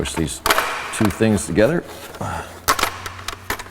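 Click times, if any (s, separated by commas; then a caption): 2.7 s. Someone talks while a curved-headlight adapter attachment is pushed onto a headlight aimer unit. It snaps into place with a sharp click at 2.7 s, followed by a few lighter knocks, and the adapter is seated.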